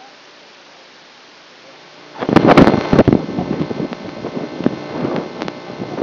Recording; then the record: brain microelectrode recording played as sound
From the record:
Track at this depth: outside the subthalamic nucleus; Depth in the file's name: -1.081 mm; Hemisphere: left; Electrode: 2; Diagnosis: Parkinson's disease